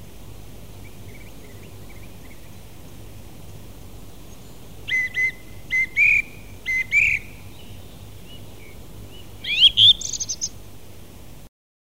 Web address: fugler maaltrost